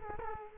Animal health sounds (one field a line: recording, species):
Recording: mosquito wingbeat signal from an infrared sensor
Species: Culex quinquefasciatus